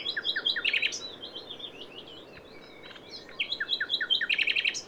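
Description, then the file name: Common nightingale song with rapid chirping runs and short trills, a quiet gap in the middle, then a burst of fast repeated sharp notes. "Luscinia megarhynchos"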